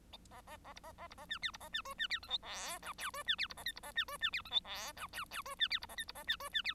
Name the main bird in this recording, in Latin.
Lonchura striata domestica